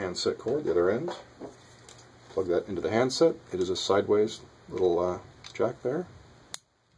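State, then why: Seated. Someone talks while the other end of a coiled handset cord's modular plug is pushed into the small sideways jack on a Polycom 335 phone handset. A single sharp click at 6.5 s marks the plug seating in the jack, followed by near silence.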